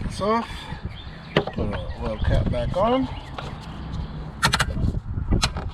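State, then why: Not seated. Someone talks while handling the plastic oil filler cap of a 2007–2012 Nissan Altima 2.5L engine, putting it back on the valve cover filler neck after refilling the oil, to be turned until it clicks. Several short, sharp knocks and taps of handling are heard. Nothing has seated or clicked yet.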